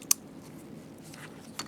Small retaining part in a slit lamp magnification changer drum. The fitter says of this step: I believe this you just fold this in and push it in until it clicks in